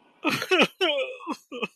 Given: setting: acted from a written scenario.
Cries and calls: vocal sound without words; sadness

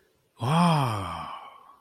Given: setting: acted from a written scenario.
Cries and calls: vocal sound without words; elation

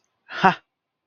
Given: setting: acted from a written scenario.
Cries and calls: vocal sound without words; amusement

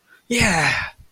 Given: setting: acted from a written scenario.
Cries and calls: vocal sound without words; triumph

